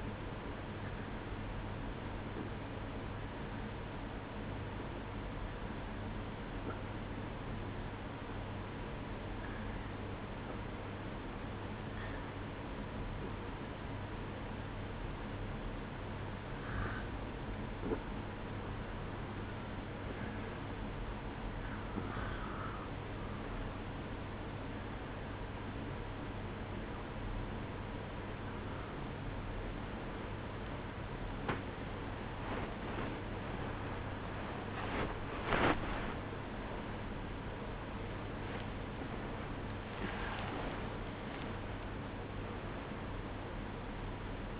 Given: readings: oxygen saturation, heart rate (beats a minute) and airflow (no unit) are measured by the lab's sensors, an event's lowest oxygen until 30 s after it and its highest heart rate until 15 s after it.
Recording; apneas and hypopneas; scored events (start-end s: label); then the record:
a person awake in a sleep study, by a voice recorder at the bedside; 1
4.00-25.10 s: hypopnea (REM, oxygen 92% highest, then 91% lowest, heart rate 69 at the start, 80 highest)
10.00-40.00 s: new sleep stage, awake
21.00-44.59 s: awake
40.00-44.59 s: new sleep stage, N1 (lightest sleep)
From the record:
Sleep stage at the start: REM sleep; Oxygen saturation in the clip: 91 to 93%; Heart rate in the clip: 68 to 81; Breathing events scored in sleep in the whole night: 305 in 9.6 hours asleep